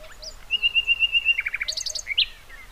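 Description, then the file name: Common nightingale song: a fast run of identical clear whistled notes, then a quick series of lower slurred notes, followed by higher chipping notes and a short upswept whistle. "Luscinia megarhynchos"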